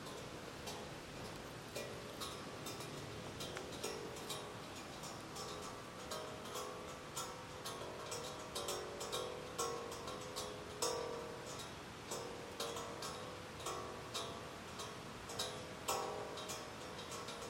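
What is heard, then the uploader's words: Metal clinks and pings ring out from the aluminum flagpole, likely a halyard or clip striking it, coming every second or so with short bright rings. Beneath them runs a steady, dense low rumble, with soft murmuring mid tones throughout. An early morning walk through Wolf's Prairie Park during high winds. The aluminum flagpole next to the Jesuit Mission marker.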